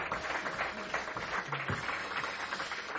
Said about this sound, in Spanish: Bien merecidos esos aplausos, sí, realmente muy bonito el tema, bonito, además, sí. Muy bonito.